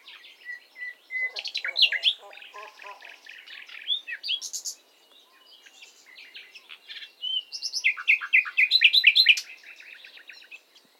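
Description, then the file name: Common nightingale song, rich varied phrases of rapid chirps, whistles and repeated notes, with a brief quiet gap midway before a louder burst near the end. "Luscinia megarhynchos"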